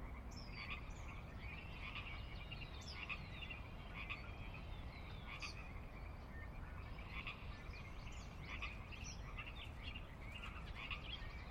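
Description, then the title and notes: Pacific chorus frogs giving repeated raspy croaks in a steady chorus, with scattered thin high chirps over a continuous low rumble. Chorus on the valley floor of Sinlahekin Valley, Sinlahekin Wildlife Area, Washington, near the Cascades' northeastern slope; glacier-dug valley of ranch land and refuge; at dusk; frogs ever-present, a Northwest soundscape fixture. "Sinlahekin Valley dusk. the ever-present Pacific Chorus Frogs that are a fixture of the Northwest Soundscape"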